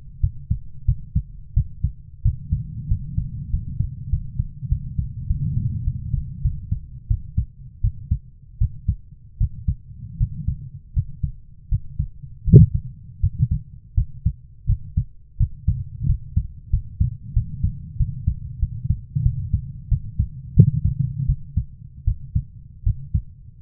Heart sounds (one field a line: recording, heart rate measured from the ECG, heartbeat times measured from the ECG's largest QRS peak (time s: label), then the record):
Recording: heart sounds by stethoscope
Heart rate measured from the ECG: 87 bpm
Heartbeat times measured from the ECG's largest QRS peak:
0.21 s: heartbeat
0.86 s: heartbeat
1.54 s: heartbeat
2.23 s: heartbeat
2.88 s: heartbeat
3.51 s: heartbeat
4.10 s: heartbeat
4.69 s: heartbeat
5.27 s: heartbeat
5.84 s: heartbeat
6.42 s: heartbeat
7.08 s: heartbeat
7.81 s: heartbeat
8.58 s: heartbeat
9.38 s: heartbeat
10.18 s: heartbeat
10.94 s: heartbeat
11.69 s: heartbeat
12.45 s: heartbeat
13.20 s: heartbeat
13.95 s: heartbeat
14.66 s: heartbeat
15.37 s: heartbeat
16.06 s: heartbeat
16.70 s: heartbeat
17.33 s: heartbeat
17.97 s: heartbeat
18.60 s: heartbeat
19.23 s: heartbeat
19.89 s: heartbeat
20.54 s: heartbeat
21.26 s: heartbeat
22.05 s: heartbeat
22.84 s: heartbeat
From the record:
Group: healthy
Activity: rest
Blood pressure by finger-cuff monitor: 125/75 mmHg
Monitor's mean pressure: 91 mmHg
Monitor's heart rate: 87 bpm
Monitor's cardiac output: 7.2 L/min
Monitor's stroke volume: 80 mL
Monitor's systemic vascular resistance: 960 dyn s/cm5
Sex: female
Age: 24 years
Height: 163 cm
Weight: 55.7 kg